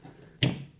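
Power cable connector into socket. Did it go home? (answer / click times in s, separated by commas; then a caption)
yes / 0.4 s. A modular power cable connector is pushed into its socket with the clip facing up and seats with a single sharp click at 0.4 s, locking into place. The click carries energy from the low end up to high frequencies and decays over about a quarter second against a quiet background.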